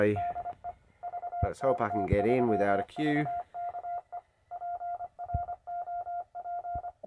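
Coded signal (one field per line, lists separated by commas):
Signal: Morse code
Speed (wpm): 25 wpm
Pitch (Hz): 700 Hz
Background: speech, radio noise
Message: DE VK3VKE PROP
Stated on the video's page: Signals heard while testing a centre-fed full wave dipole antenna, including results later in the day.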